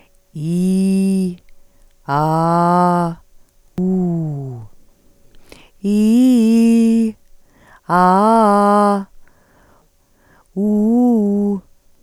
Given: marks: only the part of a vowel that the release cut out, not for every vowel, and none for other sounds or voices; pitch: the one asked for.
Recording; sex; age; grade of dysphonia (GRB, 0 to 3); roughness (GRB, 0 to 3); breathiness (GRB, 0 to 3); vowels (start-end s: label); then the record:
sustained vowels; female; 40 to 49 years; 1; 1; 1
0.49-1.24 s: vowel /i/, low pitch
2.15-2.99 s: vowel /a/, low pitch
3.82-4.34 s: vowel /u/, low pitch
5.91-7.00 s: vowel /i/, low-high-low pitch
7.96-8.90 s: vowel /a/, low-high-low pitch
10.61-11.51 s: vowel /u/, low-high-low pitch
From the record:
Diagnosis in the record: recurrent laryngeal nerve paralysis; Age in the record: 48 years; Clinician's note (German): Rechts, fast komplette Kompensation